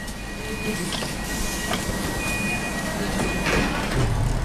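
Steady low rumble of a moving passenger train, with faint high whines and occasional clicks over a constant rolling drone, and a soft murmur of voices in the background.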